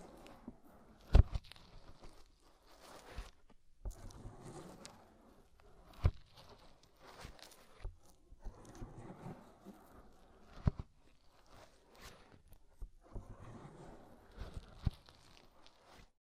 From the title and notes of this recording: ASMR INTENSE Deep Ear Cleaning (No Talking).